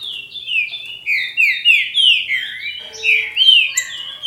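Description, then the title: Green-winged saltator pouring out a fast run of clear, slurred whistles, with faint high notes behind. "Trinca Ferro"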